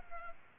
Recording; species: mosquito wingbeat signal from an infrared sensor; Culex pipiens